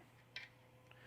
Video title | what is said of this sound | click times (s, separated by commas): Peak Design Travel Tripod + akcesoria - wskazówki i instrukcje. (wersja PL) | just push up and rotate it'll click into place it doesn't matter which orientation you go in it's got three-way entry | 0.4 s